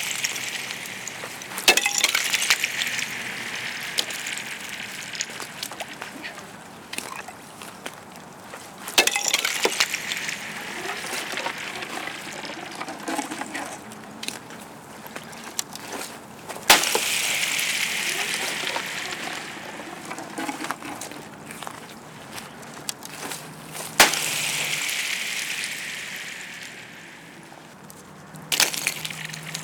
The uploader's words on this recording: Magical Sound When Throwing Ice Blocks Into a Frozen Pond!